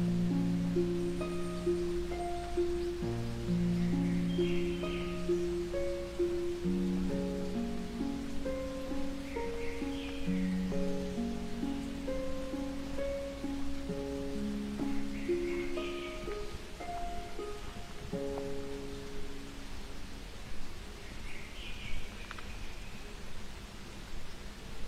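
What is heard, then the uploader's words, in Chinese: A pine trail in the mountains, with a steady rushing hiss of water and wind filling the background throughout. Slow, sustained low tones shift step by step like a gentle melody, while brief bird calls chirp now and then, higher. 山中的松树步道，鸟风谷水声。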